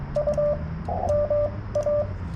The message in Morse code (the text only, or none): U MA